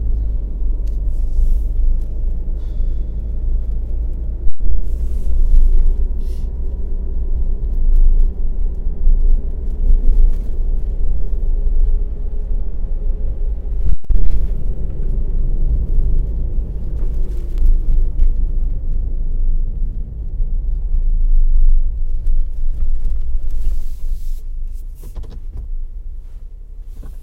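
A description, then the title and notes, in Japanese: Plastic bag rustling while dried daikon strips are gathered from a drying rack. Short crinkly bursts come in clusters, near 2–3, 6–8, 15–17 and 23–26 seconds, over a steady low rumble running throughout, with two brief dropouts near 4 and 14 seconds. 袋ガサ音 切り干し大根 干し台から回収。千切り大根が寒風にさらされ、カラカラに乾燥して切り干し大根の完成です！今日も寒ーい寒風が吹いています。周りは冬枯れの畑。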